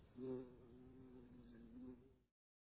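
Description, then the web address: Bumblebee buzzing, a steady low droning hum lasting about two seconds before it stops abruptly. "Sound Effects Special FX 2. Bumblebees"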